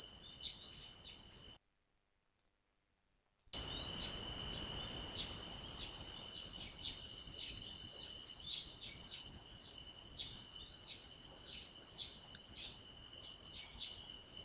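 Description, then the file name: Bell cricket song: after a short silence, a steady lower tone with scattered short chirps, then a high, pure ringing tone that swells and fades about once a second. "suzumushi"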